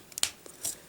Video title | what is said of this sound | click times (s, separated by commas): Microblaze Creations MILITARY TITANS: PART 2 (FOC Bruticus): EmGo's Transformers Reviews N' Stuff | that will click into place very very nicely so there you have that | 0.2 s